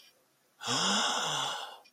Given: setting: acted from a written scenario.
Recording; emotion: vocal sound without words; awe